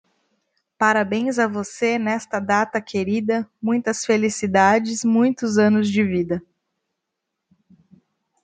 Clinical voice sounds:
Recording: short text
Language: Brazilian Portuguese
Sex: female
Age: 20 to 29 years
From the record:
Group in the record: control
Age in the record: 29 years

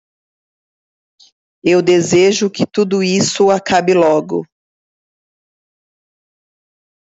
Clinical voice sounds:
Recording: short text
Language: Brazilian Portuguese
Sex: female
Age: 40 to 49 years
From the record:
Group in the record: control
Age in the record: 43 years

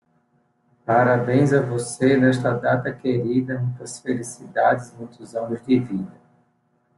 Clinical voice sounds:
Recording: short text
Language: Brazilian Portuguese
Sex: male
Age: 40 to 49 years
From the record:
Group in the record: control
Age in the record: 45 years

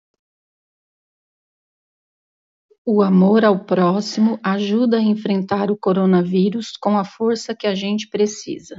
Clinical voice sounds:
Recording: spoken sentence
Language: Brazilian Portuguese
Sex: female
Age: 50 to 59 years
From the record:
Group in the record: control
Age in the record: 52 years

